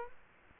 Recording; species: mosquito wingbeat signal from an infrared sensor; Culex quinquefasciatus